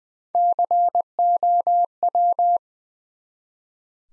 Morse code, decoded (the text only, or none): COW